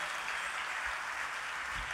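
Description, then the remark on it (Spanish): A crowd at a blues festival concert claps steadily, a dense, even wash of applause that holds at the same level for the whole two seconds, with no voices standing out. “pido un aplauso fuerte”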